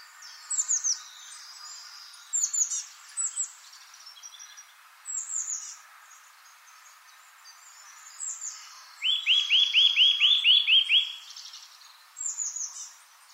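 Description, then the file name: Eurasian nuthatch calls, a rapid run of about nine clear, even notes near the end, with scattered thin high chirps throughout. "Sitta europaea"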